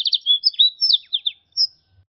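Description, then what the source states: Canary song, a short run of quick trilled notes and slurred chirps ending in one high note. Canary song combining Yorkshire and Russian styles.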